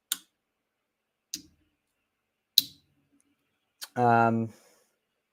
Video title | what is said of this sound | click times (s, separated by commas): Morning Doody LIVE! | it's real satisfying just to get a nice click. | 2.6 s